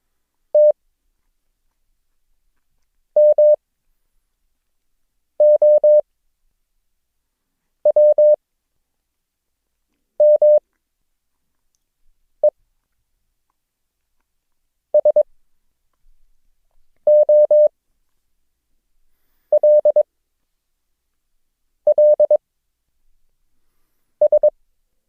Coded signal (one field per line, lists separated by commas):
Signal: Morse code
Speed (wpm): 22 wpm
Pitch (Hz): 600 Hz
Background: none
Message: T M O W M E S O L L S